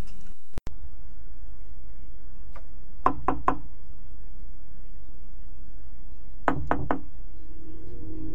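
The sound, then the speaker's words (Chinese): Two bursts of knocking on a door at night, each three quick, sharp raps, separated by a few seconds of quiet hum, with no voices. “平生不作亏心事，夜半敲门也不惊。”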